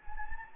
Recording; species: mosquito wingbeat signal from an infrared sensor; Anopheles gambiae